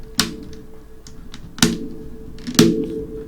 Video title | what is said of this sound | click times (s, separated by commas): How to disassembly hp pavilion Hindi language by esc ratangarh | देखिए ये जो आवाज़ आ रही है ना, ये लॉक हो रहे हैं, | 0.2 s, 1.6 s, 2.6 s